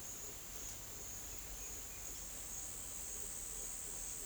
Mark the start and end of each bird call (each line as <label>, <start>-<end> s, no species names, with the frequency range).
bird call (1.9-4.3 kHz), 1.13-2.16 s